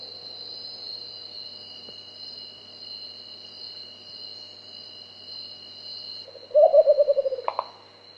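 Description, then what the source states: Marbled frogmouth trill arriving after several seconds of steady insect drone: a fast run of pulsed notes that fades, then one sharp click. Papua New Guinea.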